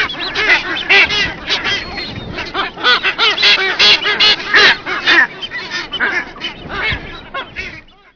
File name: masked booby